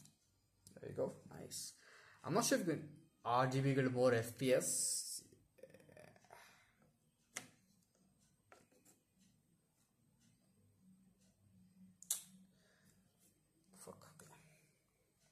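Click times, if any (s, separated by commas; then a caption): none. A desktop DDR5 memory module is handled over a motherboard DIMM slot while someone talks, with a few brief sharp sounds around 7.4 s and 12.1 s. Nothing has seated or clicked yet; the module has not gone home in the slot and the retention clips have not snapped shut.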